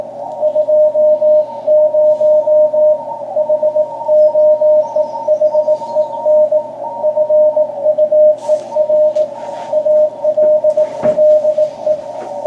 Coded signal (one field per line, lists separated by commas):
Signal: Morse code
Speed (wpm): 17 wpm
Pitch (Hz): 610 Hz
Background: radio noise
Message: 20 HOEHEN FUER ALLE